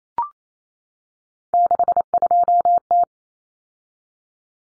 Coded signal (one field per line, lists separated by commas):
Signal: Morse code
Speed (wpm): 28 wpm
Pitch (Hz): 700 Hz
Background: none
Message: 62T